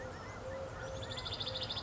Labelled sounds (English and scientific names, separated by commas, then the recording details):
Eurasian Collared Dove (Streptopelia decaocto)
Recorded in Sonoma County, California